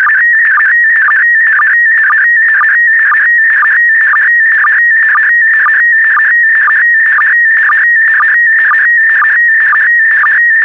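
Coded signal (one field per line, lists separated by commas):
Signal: SSTV (slow-scan television)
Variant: PD120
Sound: warbling, chirping tone shifting pitch, with a short low click about twice a second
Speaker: Get ready. Starting transmission in 5, 4, 3, 2, 1. Transmission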